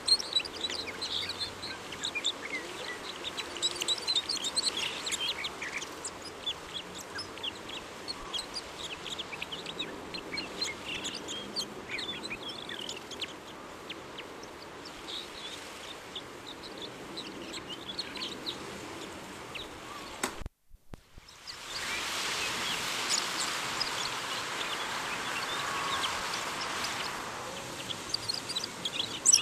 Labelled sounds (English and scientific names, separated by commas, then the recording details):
Red Crossbill (Loxia curvirostra) song
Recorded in the wild
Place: Kaiserslautern, Rheinland-Pfalz, DE
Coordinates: 49.4247, 7.77889
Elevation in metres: 279
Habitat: garden
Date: 1983-09-19
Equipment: Nagra IV, Sennheiser MKH 405, Parabolreflektor
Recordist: Tretzel, Erwin
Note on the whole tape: Garten, auf Fichte ("Omorica") und am Wasser, Kaiserslautern: Gesang